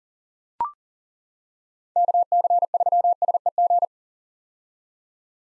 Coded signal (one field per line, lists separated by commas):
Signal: Morse code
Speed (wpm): 37 wpm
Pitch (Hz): 700 Hz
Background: none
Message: KC3SEG